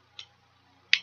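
A plastic panel on a Titans Return Deluxe Scourge transforming action figure is flipped in and pushed into the figure's body. A faint tick at 0.2 s is followed by one sharp, loud click at 0.9 s. The part has clicked into place and is seated.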